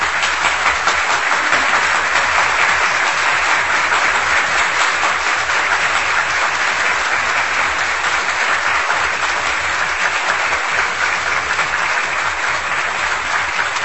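A steady burst of audience applause, dense and loud, with many hands clapping in a continuous wash of sound that holds evenly for about fourteen seconds without any talking.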